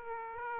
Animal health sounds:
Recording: mosquito wingbeat signal from an infrared sensor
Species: Aedes aegypti

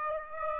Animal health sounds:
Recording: mosquito wingbeat signal from an infrared sensor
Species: Aedes aegypti

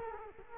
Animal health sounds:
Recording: mosquito wingbeat signal from an infrared sensor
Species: Culex quinquefasciatus

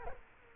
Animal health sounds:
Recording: mosquito wingbeat signal from an infrared sensor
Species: Culex quinquefasciatus

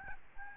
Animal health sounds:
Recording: mosquito wingbeat signal from an infrared sensor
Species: Aedes albopictus

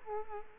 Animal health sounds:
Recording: mosquito wingbeat signal from an infrared sensor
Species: Culex quinquefasciatus

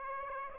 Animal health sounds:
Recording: mosquito wingbeat signal from an infrared sensor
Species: Aedes aegypti

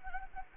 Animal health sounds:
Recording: mosquito wingbeat signal from an infrared sensor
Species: Anopheles gambiae

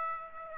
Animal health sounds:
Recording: mosquito wingbeat signal from an infrared sensor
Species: Aedes aegypti

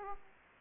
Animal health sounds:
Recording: mosquito wingbeat signal from an infrared sensor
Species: Aedes aegypti

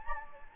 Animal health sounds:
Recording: mosquito wingbeat signal from an infrared sensor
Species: Anopheles gambiae

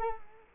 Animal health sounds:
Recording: mosquito wingbeat signal from an infrared sensor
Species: Culex quinquefasciatus

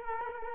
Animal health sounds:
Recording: mosquito wingbeat signal from an infrared sensor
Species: Culex quinquefasciatus

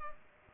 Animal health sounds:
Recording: mosquito wingbeat signal from an infrared sensor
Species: Culex pipiens

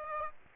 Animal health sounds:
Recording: mosquito wingbeat signal from an infrared sensor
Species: Aedes aegypti

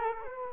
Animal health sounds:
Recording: mosquito wingbeat signal from an infrared sensor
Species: Culex quinquefasciatus

